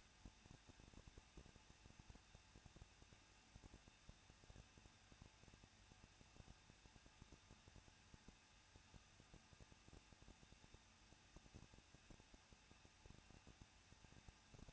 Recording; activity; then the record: daily activity, microphone in the room; no activity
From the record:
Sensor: 2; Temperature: 21.0 degrees Celsius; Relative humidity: 37.3%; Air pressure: 1006.2 hPa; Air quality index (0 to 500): 221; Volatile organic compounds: 23 ppm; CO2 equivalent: 2796 ppm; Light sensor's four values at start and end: 2/3/2/2 and 2/3/2/2